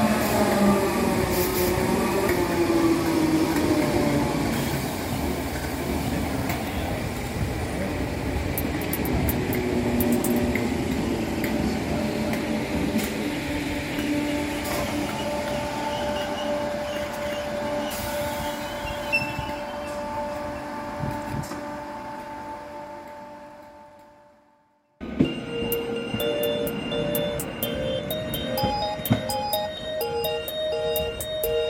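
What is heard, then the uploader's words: Merseyrail trains: a dense, low rumble with shifting whine tones rises and holds for about twenty seconds, then fades to near silence around 25 seconds. A second train follows abruptly, with a steady hum and bright, stepped electric tones climbing in pitch. The sounds of the new and old Merseyrail trains!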